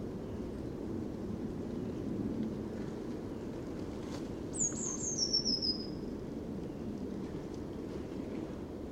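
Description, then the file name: Eurasian blue tit call: one short, high, descending whistle partway through, over constant low-pitched background noise. "Cyanistes caeruleus"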